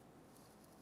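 The knock sensor wiring harness connector on a 2015-2020 Cadillac Escalade is handled and pressed up toward the sensor, making only a steady, low, rustling handling noise with no distinct sharp sounds. Nothing has seated or clicked yet; the connector is not yet locked into place.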